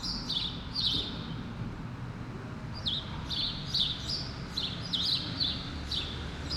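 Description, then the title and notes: Sparrows chirping in two clusters of quick, bright notes with a brief pause between, above a soft traffic drone. Several sparrows on Rue Keyenveld, Ixelles, Brussels-Capital, Belgium, a street with passing cars; recorded with Lom Usi Pro microphones into a Zoom F6. "Rue Keyenveld, Ixelles, Bruxelles-Capitale, Belgique - Sparrows - moineaux. cars, people passing by"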